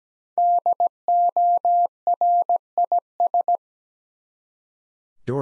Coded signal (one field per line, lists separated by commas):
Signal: Morse code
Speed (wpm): 17 wpm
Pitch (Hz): 700 Hz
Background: none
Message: DORIS